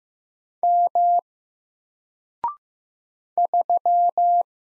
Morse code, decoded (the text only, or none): M 3